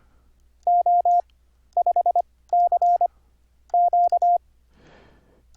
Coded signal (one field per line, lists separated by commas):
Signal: Morse code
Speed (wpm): 25 wpm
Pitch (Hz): 700 Hz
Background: none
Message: O 5 C Q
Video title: CWirc low latency setup: with PulseAudio, pulseaudio-equalizer & iambic paddles